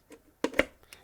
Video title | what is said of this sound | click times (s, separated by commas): GVM 150-S RGB LED MEGA REVIEW! Everything you want to know! | helps click so once you hear that click is not coming out you know | 0.6 s